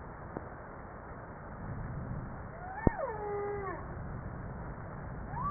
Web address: JASA 2013 Blue Bowhead Fin Humpback Southern Right Whale humpback-01 940302-1237